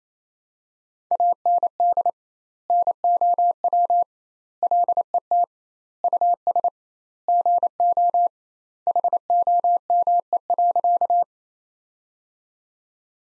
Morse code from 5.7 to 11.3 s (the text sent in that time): US GO HOME.